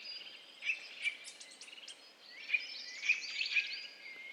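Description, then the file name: Eurasian nuthatch calls: short, sharp notes scattered irregularly, with other high chirps in between. "Sitta europaea"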